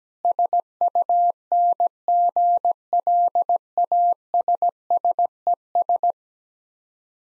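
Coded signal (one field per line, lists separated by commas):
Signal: Morse code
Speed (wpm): 17 wpm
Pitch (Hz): 700 Hz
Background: none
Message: SUNGLASSES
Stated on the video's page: Morse code practice of difficult words with contextual hints at 17 wpm.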